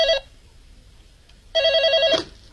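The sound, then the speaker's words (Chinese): A telephone rings in two bursts, a short trill that cuts off and then a longer electronic warble with rapid pulsing, bright and fairly loud, separated by a pause of near silence; a mysterious call to the general manager of the Prince Port hotel in a radio drama. “没想到第二天总经理朱永昌又接到了那个神秘的电话。”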